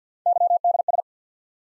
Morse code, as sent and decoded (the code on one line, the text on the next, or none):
-.-- -.. ...
YDS